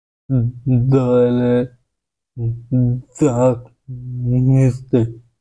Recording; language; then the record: elicited speech; Bengali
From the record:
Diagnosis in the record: Broca's or global aphasia after a stroke